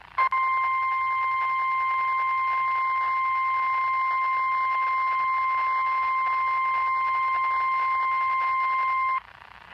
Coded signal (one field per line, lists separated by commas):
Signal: Emergency Alert System (SAME) tones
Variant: 1050 Hz attention tone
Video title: Emergency Alert System EAS Severe Thunderstorm Watch Amarillo, Texas NOAA Weather Radio